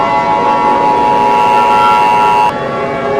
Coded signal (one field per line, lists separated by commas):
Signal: Emergency Alert System (SAME) tones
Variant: 853 and 960 Hz attention tone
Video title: An part 2 for May 2025 eas scenario